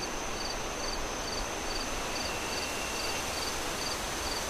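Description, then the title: Cricket chirping steadily in a regular series of short high notes, with strong wind rushing throughout. Crickets on a windy night, wind howling through trees. "Relaxing Crickets Sounds On A Windy Night"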